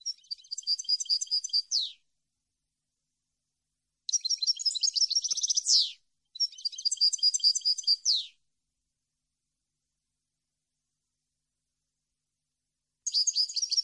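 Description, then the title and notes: European goldfinch song in repeated bursts of rapid tinkling twitters, each about two seconds long and ending in a buzzy downward slur, with silent gaps between. Clean goldfinch song for copying, used for song training. "Cd Jilguero. Cd de canto de jilguero limpio para copia"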